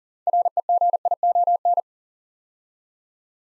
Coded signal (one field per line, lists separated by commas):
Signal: Morse code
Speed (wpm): 40 wpm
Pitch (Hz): 700 Hz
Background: none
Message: REGION